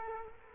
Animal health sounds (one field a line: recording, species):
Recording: mosquito wingbeat signal from an infrared sensor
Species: Culex quinquefasciatus